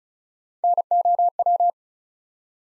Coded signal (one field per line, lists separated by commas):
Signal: Morse code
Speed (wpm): 36 wpm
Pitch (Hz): 700 Hz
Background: none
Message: NOW